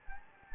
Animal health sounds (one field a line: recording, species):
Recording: mosquito wingbeat signal from an infrared sensor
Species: Anopheles gambiae